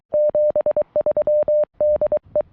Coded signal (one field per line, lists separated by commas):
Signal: Morse code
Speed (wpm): 24 wpm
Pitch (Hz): 600 Hz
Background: none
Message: 73 DE